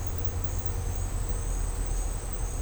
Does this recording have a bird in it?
no